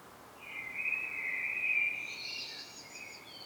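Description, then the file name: Common blackbird song: a clear, low, flute-like warbled phrase followed by a high, thin, twittering flourish, with little other sound. "Turdus merula"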